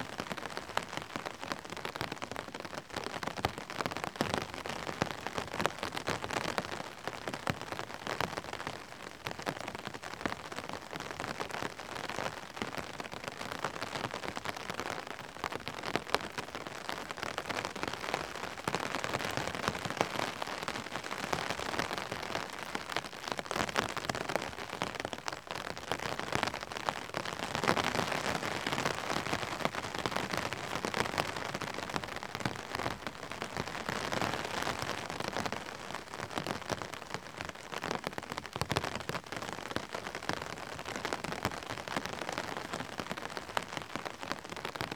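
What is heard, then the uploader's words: Rain patters steadily onto an umbrella, a dense crackle of countless drops with no pauses. The tapping stays even throughout, swelling slightly louder in patches around the middle and near the end, with a faint low rumble underneath. Drops on the Umbrella.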